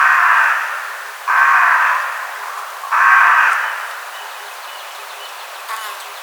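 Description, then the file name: Carrion crow giving three harsh, hoarse caws about a second long each, spaced roughly one and a half seconds apart, then a quiet stretch with a faint later note. "Corvus corone"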